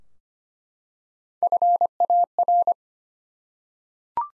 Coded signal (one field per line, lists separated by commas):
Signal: Morse code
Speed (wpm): 25 wpm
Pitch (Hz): 700 Hz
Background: none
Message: FAR